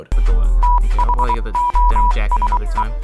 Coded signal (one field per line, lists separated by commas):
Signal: Morse code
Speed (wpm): 23 wpm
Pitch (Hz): 980 Hz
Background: speech, music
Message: THOSE